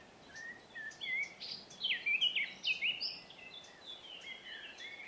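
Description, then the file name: Eurasian blackcap song, a jumbled warble of quick notes swelling into louder clear whistled flourishes, then trailing off into softer chattering notes. "Sylvia atricapilla"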